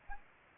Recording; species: mosquito wingbeat signal from an infrared sensor; Anopheles gambiae